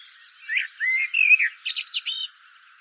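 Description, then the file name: Common blackbird song phrase: a low mellow warbling whistle followed at once by a squeaky high-pitched twittering flourish. "Turdus merula"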